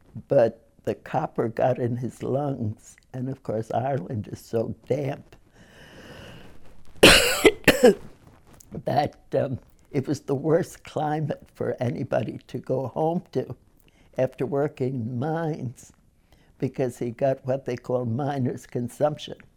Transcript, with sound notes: But the copper got on his lungs and, of course, Ireland is so damp, (she coughs) that it was the worst climate for anybody to go home to after working in mines because he got what they called "miner's consumption."